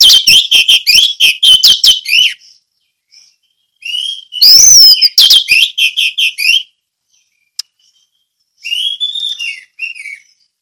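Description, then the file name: Orange-headed thrush song with a fast loud run of sharp notes, a softer gap, a second energetic burst, and a final whistled phrase. Ngeplong song style. "anis merah ngeplong"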